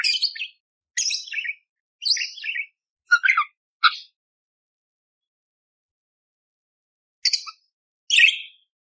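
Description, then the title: Budgerigar calls, short buzzy chirps repeated about once a second for four seconds, then a pause of three seconds before two more harsh chirps. Masteran training recording of budgerigar chatter, described as loud and clear with coarse 'tembakan' phrases, intended for training magpie-robins to imitate. "Masteran Burung Parkit Gacor Jernih Full Isian Tembakan Kasar Cocok Buat Kacer"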